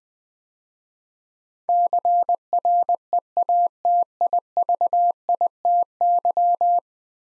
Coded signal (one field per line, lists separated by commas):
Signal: Morse code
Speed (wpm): 20 wpm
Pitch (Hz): 700 Hz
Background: none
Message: CREATIVITY